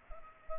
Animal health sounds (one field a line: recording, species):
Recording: mosquito wingbeat signal from an infrared sensor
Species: Culex pipiens